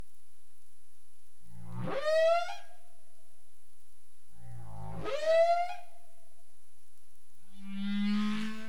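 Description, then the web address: Humpback whale calls: two rising whoops with low rumbling onsets about three seconds apart, then a steady low harmonic moan at the end. Caribbean, recorded 27 April 2035 at 22:17 UTC. "CARIMAM. humpback whale"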